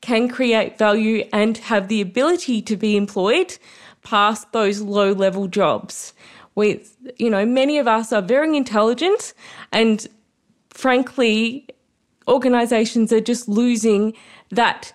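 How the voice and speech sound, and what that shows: An adult woman speaks slowly and effortfully with stretched sounds, nasal vowels and frequent pauses, fitting dysarthria from cerebral palsy.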